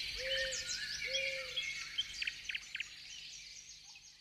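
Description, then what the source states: Several birds singing at once: bright high twittering and short sharp chips, plus two soft, low drawn-out whistles near the start. Birdsong in the morning.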